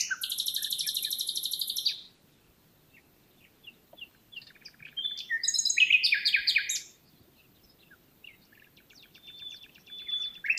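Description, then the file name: Common nightingale song, beginning with a long rapid rattle of repeated notes, then scattered soft notes and a varied, loud chattering phrase, quieter notes closing. "Luscinia megarhynchos"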